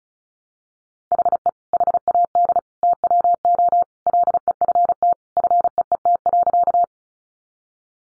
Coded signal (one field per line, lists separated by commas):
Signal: Morse code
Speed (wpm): 34 wpm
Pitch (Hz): 700 Hz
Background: none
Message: HE HAD TWO LEFT FEET.